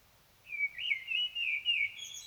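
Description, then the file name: Common blackbird's rich, continuous warbled phrase, notes sliding up and down, closing with a faint high squeaky flourish. "Turdus merula"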